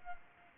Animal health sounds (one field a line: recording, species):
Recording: mosquito wingbeat signal from an infrared sensor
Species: Culex pipiens